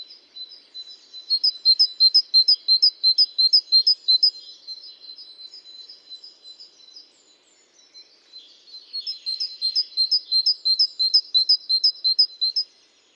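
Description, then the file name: Great tit calling in two long bursts of high, clear two-note phrases repeated about three times a second, with a quiet pause between them. "Parus major"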